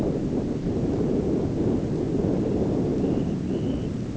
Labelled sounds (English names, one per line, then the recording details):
Dunlin
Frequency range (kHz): Dunlin 1.8-4.0 kHz
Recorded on Arctic tundra, site ZACK-1, on 15 June 2019
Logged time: 19:49